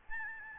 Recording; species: mosquito wingbeat signal from an infrared sensor; Aedes albopictus